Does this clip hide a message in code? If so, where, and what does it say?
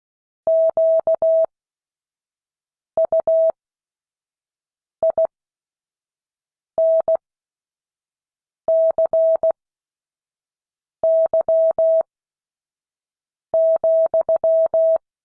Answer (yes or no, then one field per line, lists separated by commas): yes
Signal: Morse code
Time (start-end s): 0.5-15.0 s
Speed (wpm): 16 wpm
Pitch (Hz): 650 Hz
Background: none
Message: QUINCY,